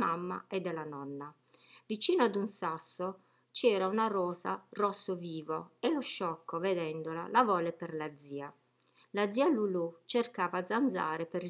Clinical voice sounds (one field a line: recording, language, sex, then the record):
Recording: read passage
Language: Italian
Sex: female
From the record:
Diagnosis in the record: healthy control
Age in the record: 61 years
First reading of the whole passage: 67 s, 7.7 characters per second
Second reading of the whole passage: 54 s, 9.6 characters per second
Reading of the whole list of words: 44 s, 6.4 characters per second